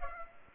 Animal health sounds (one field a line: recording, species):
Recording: mosquito wingbeat signal from an infrared sensor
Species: Culex pipiens